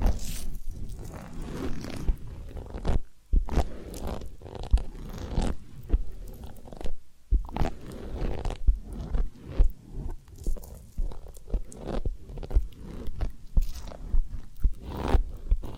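Soft rubbing and crunchy scratching of an ear massage, irregular bursts every second or so with brief pauses near three and seven seconds.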